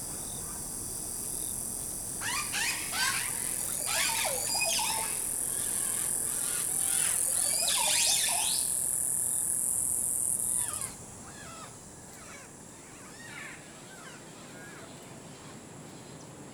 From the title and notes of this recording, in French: Muni d'une parabole et de micros omnidirectionnels, Irvic D'Olivier a passé de longues heures dans les parcs nationaux à attendre l'oiseau rare.